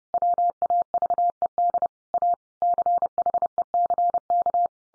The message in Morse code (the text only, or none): WAVED A CHECK